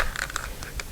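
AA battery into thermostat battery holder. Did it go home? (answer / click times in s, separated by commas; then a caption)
no / none. An AA battery is handled and pushed toward the spring clips of a Honeywell thermostat's battery holder, producing brief sharp handling ticks around 0.2, 0.4 and 0.8 seconds over a quiet background. The battery has not yet snapped into place; nothing has seated or clicked home yet.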